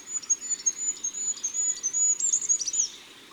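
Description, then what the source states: Goldcrest singing a fast string of very high, needle-thin notes that builds and closes with a short jumbled flourish. Recorded in autumn.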